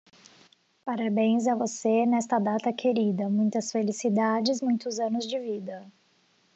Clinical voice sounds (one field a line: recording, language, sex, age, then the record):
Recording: short text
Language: Brazilian Portuguese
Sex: female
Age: 20 to 29 years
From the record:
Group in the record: control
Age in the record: 25 years